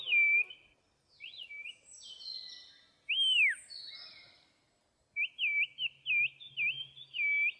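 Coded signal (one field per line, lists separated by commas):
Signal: whistled language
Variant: Turkish Kuş dili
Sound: loud high whistles gliding up and down in short phrases, five dipping sweeps near the end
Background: faint low hum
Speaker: if you think you just heard some bird singing you are wrong this is Kush also known as the Turkish bird language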